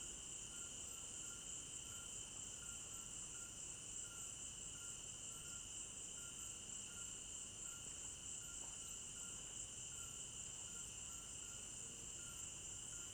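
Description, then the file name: Night cricket chorus, a continuous high shrill with a lower pulsing tone beneath, running evenly throughout. Crickets at night in an African village garden; recorded in stereo binaural. "African-Village Garden Night Crickets 01 Stereo-Binaural"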